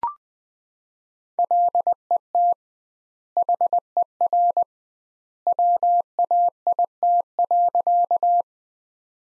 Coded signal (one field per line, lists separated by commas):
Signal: Morse code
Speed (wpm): 21 wpm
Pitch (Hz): 700 Hz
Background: none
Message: LET HER WAIT.